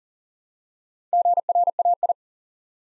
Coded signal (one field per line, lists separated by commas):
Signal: Morse code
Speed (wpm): 38 wpm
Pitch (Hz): 700 Hz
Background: none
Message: GRAI